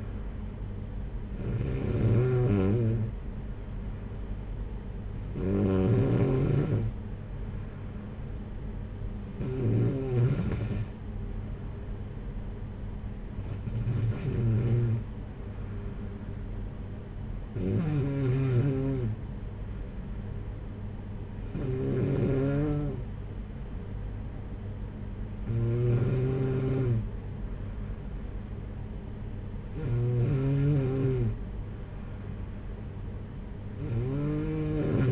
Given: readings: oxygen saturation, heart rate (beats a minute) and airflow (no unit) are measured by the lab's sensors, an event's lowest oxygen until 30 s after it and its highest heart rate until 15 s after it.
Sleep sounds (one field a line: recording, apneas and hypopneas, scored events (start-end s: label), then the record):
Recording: breathing in sleep by a smartphone at the bedside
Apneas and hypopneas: none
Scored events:
none scored
From the record:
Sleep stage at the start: N2 (light sleep)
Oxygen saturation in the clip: 94%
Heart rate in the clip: 55 to 59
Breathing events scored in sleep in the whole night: 226 in 8.8 hours asleep